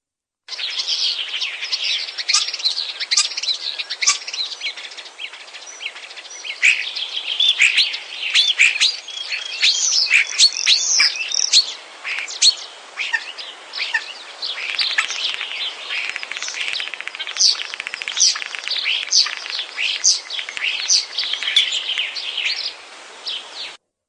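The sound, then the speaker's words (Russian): A busy, continuous stream of starling song fills the whole stretch: rapid chirps, whistles and chattering notes tumbling over each other at a steady, fairly loud level, with no voices. “Кто не видал, не знает скворцов, не слушал их весеннего пенья.”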